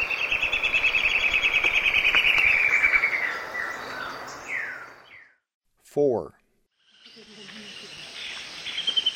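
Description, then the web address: White-browed antbird singing a rapid run of ringing notes that gradually descend and trail off, followed by a loud, sharp downward note. Eastern lowlands of South America. "Nature Songs S America Eastern Lowlands. White-browed Antbird"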